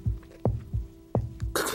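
Rapid, regular low thumps, about 170 a minute, play over a steady electronic hum, with a brief noise burst at the end. This is the baby's heartbeat heard through a fetal monitor in a dramatized scene.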